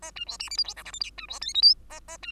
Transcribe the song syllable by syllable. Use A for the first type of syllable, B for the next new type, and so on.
A B C D E F G H I J K B C L M N A A B